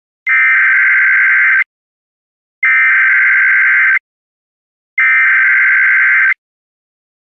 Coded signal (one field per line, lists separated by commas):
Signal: Emergency Alert System (SAME) tones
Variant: header bursts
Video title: EAS Scenario: Killer EF5 Tornado for Chicago O’Hare in eastern Illinois